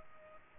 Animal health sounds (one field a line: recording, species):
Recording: mosquito wingbeat signal from an infrared sensor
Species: Culex pipiens